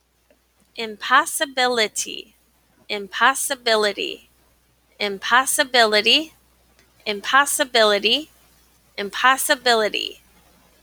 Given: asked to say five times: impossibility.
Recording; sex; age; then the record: repeated word; female; 40 to 49 years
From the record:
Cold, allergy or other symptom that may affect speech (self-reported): no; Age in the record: 41 years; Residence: Wisconsin, United States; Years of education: 19